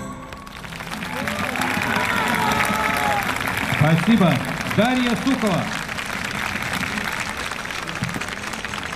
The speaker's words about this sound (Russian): Зрители улыбаются, фотографируют и аплодируют.